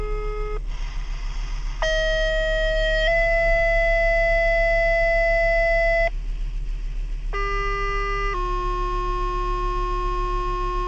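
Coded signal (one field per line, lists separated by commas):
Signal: two-tone page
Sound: steady tone pairs: short tone then long tone, three sequences with pitch steps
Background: low hum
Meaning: Tone sequence activating fire and rescue pagers for a test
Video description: all of our county's pager tones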